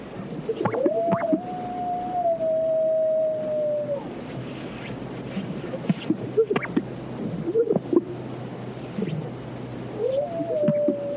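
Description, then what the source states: Coyote howls: long, steady, level notes, the first held about three seconds. Sharp popping and bubbling calls from other animals break in throughout, over faint background hiss. Coyote howls echoing across the arid sagebrush of California's Great Basin, heard alongside calls of greater sage grouse.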